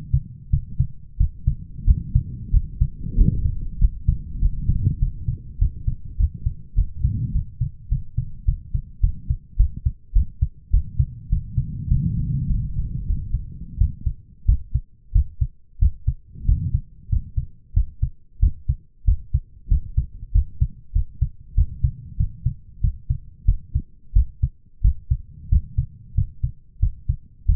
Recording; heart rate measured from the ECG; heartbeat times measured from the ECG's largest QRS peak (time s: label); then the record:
heart sounds by stethoscope; 96 bpm
0.50 s: heartbeat
1.17 s: heartbeat
1.85 s: heartbeat
2.51 s: heartbeat
3.15 s: heartbeat
3.79 s: heartbeat
4.40 s: heartbeat
4.99 s: heartbeat
5.59 s: heartbeat
6.17 s: heartbeat
6.75 s: heartbeat
7.33 s: heartbeat
7.89 s: heartbeat
8.45 s: heartbeat
9.01 s: heartbeat
9.57 s: heartbeat
10.13 s: heartbeat
10.71 s: heartbeat
11.29 s: heartbeat
11.88 s: heartbeat
12.47 s: heartbeat
13.06 s: heartbeat
13.78 s: heartbeat
14.46 s: heartbeat
15.12 s: heartbeat
15.79 s: heartbeat
16.45 s: heartbeat
17.09 s: heartbeat
17.74 s: heartbeat
18.40 s: heartbeat
19.05 s: heartbeat
19.68 s: heartbeat
20.32 s: heartbeat
20.93 s: heartbeat
21.55 s: heartbeat
22.17 s: heartbeat
22.81 s: heartbeat
23.45 s: heartbeat
24.13 s: heartbeat
24.82 s: heartbeat
25.49 s: heartbeat
26.15 s: heartbeat
26.80 s: heartbeat
27.46 s: heartbeat
From the record:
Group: healthy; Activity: rest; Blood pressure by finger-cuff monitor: 148/101 mmHg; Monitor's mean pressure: 115 mmHg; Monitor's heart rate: 95 bpm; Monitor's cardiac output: 7.9 L/min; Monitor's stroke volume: 82 mL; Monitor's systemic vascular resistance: 1070 dyn s/cm5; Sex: male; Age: 23 years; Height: 179 cm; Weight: 87 kg